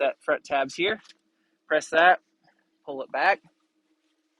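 On a 2022 Heyday WT-Surf wake boat, the front side tab on the folding wake tower is pressed and the tower is pulled back while someone talks. Between phrases there is near silence, with no distinct mechanical sounds. Nothing has clicked or locked into place yet.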